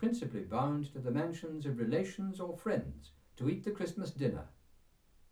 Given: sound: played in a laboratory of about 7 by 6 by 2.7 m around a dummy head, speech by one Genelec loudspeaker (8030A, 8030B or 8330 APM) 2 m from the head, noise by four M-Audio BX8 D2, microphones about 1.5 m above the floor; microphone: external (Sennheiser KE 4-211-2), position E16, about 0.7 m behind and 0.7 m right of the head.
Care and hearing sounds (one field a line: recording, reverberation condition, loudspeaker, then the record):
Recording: male speech in English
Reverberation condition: low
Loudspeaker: 60 degrees to the left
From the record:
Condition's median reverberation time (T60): about 310 ms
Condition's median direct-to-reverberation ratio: about 3.5 dB